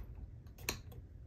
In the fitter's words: and it'll lock into place